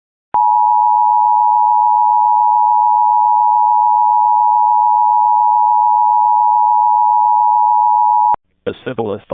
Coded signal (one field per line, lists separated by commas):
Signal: Emergency Alert System (SAME) tones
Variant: 853 and 960 Hz attention tone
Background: speech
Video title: (WXrchive) EAS Local Area Emergency for Cold Weather - 1/25/26